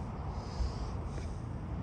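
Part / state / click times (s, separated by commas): car door latch into the striker on the door frame / not seated / none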